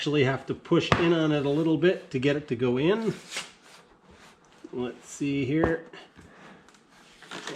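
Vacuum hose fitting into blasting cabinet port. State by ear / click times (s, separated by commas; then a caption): seated / 7.5 s. A plastic vacuum hose fitting is pushed into the port on a blasting cabinet while someone talks. After a few quieter knocks, it goes in with a short, sharp click at 7.5 s and locks in place with an airtight seal.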